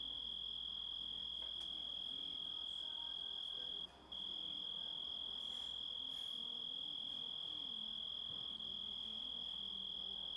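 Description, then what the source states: Grasshopper sound: an unbroken high tonal buzz sustained on one pitch, pausing briefly once near four seconds, with faint low rustles beneath. Composite of grasshopper sounds.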